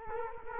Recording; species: mosquito wingbeat signal from an infrared sensor; Culex quinquefasciatus